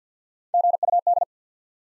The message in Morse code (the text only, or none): GUD